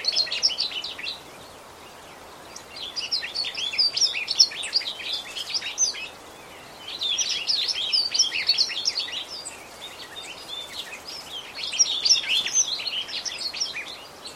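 Bird chirping in dense bursts of high, quick tweets, with about four busy spells separated by short quieter pauses over a steady background hiss.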